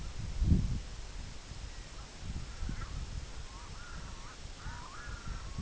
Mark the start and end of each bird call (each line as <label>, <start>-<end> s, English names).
Red-throated Loon, 1.55-5.61 s